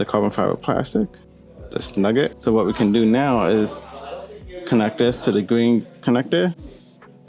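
During a 2015–2023 Mustang steering wheel install, the steering wheel control harness plug is brought to the green plastic connector after screws are snugged into the carbon fiber plastic. Someone talks over background music. The plug has not seated or clicked yet.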